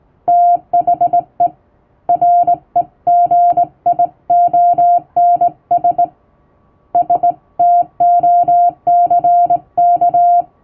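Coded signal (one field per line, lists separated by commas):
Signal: Morse code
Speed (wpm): 20 wpm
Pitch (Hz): 700 Hz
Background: music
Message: THE REGIONS STOCK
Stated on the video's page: Hand-keyed plain-language international Morse for amateur receiving practice, sent by a first-class radiotelegraph operator using typing-test practice texts.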